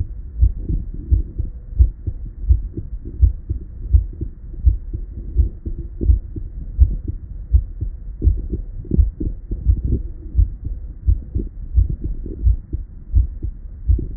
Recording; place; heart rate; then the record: heart sounds by stethoscope; Erb's point; 85 bpm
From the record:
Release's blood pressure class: elevated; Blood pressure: 128/76 mmHg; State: at rest